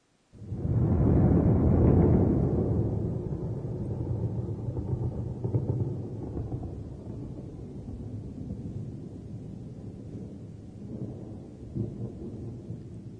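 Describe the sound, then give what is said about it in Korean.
A deep roll of thunder cracks in loudly, then rumbles on and slowly fades, with a brief second swell of rumbling near the end. No voices are heard. “천둥 소리네요.”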